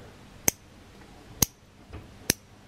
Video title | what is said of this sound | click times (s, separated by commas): CHRIS TAKES OVER MY YOUTUBE -- BASTION PEN REVIEW -- Gifted | so it's nice and tight all the time and it's got a nice satisfying click there so | 0.5 s, 1.4 s, 2.3 s